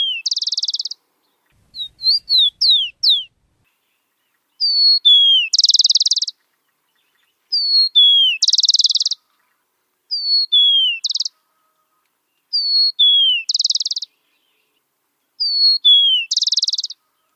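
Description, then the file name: Rufous-collared sparrow song: clear descending slurred whistles followed by a high dry trill, the phrase repeated every few seconds. "ticotico omkicau"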